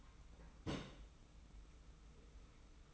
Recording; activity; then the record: daily activity, microphone in the room; place on stove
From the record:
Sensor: 1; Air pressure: 990.9 hPa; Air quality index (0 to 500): 91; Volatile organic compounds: 32 ppm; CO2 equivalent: 2997 ppm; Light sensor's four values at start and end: 36/117/46/47 and 36/117/46/47